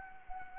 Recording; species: mosquito wingbeat signal from an infrared sensor; Anopheles arabiensis